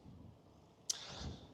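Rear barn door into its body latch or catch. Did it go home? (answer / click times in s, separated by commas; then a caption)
yes / 0.9 s. A rear barn door of a Renault Kangoo Van E-Tech Electric small electric van is swung back from its wide-open position. It clicks back into its body latch with one sharp hit at 0.9 s, preceded and followed by quiet low rumble. The door is seated in its catch.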